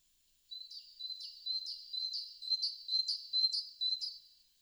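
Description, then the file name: Great tit calling in a steady run of high, ringing notes, about two a second, each with a quick downward flick. "Parus major"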